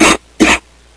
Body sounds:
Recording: coughing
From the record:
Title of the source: 61 morning phlegmy cough...again

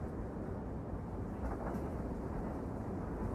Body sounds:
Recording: background sound without coughing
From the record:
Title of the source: Train Ride Ambience ambient white noise for sleeping, focus, studying, reading

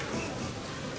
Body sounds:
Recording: coughing mixed with background sound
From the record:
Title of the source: Spring Cold Coughing 2

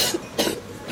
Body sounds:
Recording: coughing mixed with background sound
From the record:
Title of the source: 55 gaggy wet cough

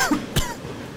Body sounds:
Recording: coughing mixed with background sound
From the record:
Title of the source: Coughing 51

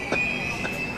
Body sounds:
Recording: coughing mixed with background sound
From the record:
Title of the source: female coughing - coughing sound effects girl

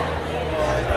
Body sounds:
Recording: background sound without coughing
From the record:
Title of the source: CITY SOUNDS Busy Bar in the Evening Night - 2 HOURS of Ambiance for Relaxation

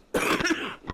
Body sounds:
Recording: coughing mixed with background sound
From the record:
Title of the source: 31 night wet cough

